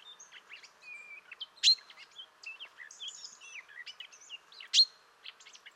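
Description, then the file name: Common chaffinch giving two loud, sharp calls about three seconds apart, amid many softer chirps and twitters. "Fringilla coelebs"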